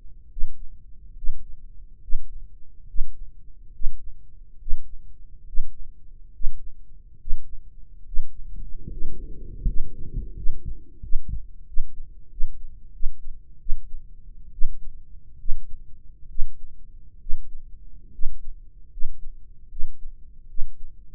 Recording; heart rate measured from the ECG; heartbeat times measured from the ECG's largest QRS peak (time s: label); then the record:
heart sounds by microphone in the right ear; 74 bpm
0.29 s: heartbeat
1.15 s: heartbeat
2.01 s: heartbeat
2.87 s: heartbeat
3.73 s: heartbeat
4.59 s: heartbeat
5.46 s: heartbeat
6.33 s: heartbeat
7.19 s: heartbeat
8.05 s: heartbeat
8.90 s: heartbeat
9.66 s: heartbeat
10.35 s: heartbeat
11.02 s: heartbeat
11.66 s: heartbeat
12.30 s: heartbeat
12.93 s: heartbeat
13.59 s: heartbeat
14.52 s: heartbeat
15.38 s: heartbeat
16.28 s: heartbeat
17.19 s: heartbeat
18.11 s: heartbeat
18.90 s: heartbeat
19.69 s: heartbeat
20.47 s: heartbeat
From the record:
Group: healthy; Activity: breath hold 0-7 s, rest 7-21 s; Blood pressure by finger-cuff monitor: 151/88 mmHg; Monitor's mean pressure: 107 mmHg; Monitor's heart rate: 70 bpm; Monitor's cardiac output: 5.9 L/min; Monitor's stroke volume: 83 mL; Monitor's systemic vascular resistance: 1280 dyn s/cm5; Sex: male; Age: 21 years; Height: 180 cm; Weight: 67.5 kg